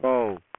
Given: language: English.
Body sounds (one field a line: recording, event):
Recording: throat vibration sensor signal played as sound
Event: speech